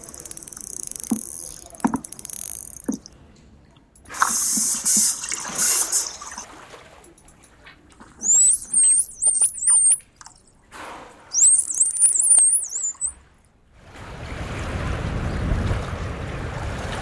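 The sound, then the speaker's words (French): A series of sharp animal clicks gives way to harsh buzzing burst pulses, then several high, swooping whistles, before a steady rush of water noise takes over. No one speaks. “Donc trois catégories, les clics, les sons pulsés en rafale et les sifflements.”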